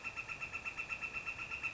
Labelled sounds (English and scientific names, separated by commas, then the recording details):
Northern Flicker (Colaptes auratus)
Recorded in Sonoma County, California